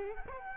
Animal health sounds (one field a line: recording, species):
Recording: mosquito wingbeat signal from an infrared sensor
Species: Culex quinquefasciatus